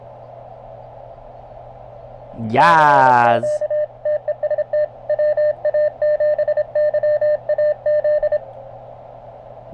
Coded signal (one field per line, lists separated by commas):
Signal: Morse code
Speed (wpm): 25 wpm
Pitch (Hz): 600 Hz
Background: speech, radio noise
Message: CQ TEST WA7YAZ